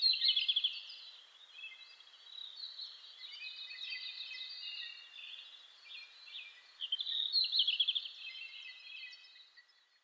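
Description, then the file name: Red-flanked bluetail song: a trilled phrase opens, and a similar phrase returns about seven seconds later, with other birds singing steadily throughout. Recorded 27 May 2007 at 04:26. "ruribitaki-20070527-0426"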